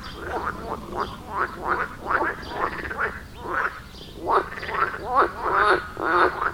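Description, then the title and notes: Frogs croaking in a lively chorus, rasping rattled notes repeated roughly twice a second, overlapping and uneven in rhythm. Frogs at the village pond in Wohlsborn, Germany; recorded with a TASCAM DR-40X. "Wohlsborn, Deutschland - Froschkonzert. Frog concert. Froschkonzert am Dorfteich in Wohlsborn. Aufgenommen mit TASCAM DR-40X"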